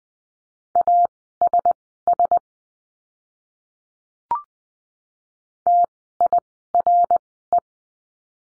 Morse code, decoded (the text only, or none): ASS TIRE